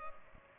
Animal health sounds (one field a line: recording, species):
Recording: mosquito wingbeat signal from an infrared sensor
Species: Culex pipiens